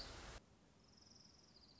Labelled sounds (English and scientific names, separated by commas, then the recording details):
Orange-crowned Warbler (Leiothlypis celata)
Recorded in Sonoma County, California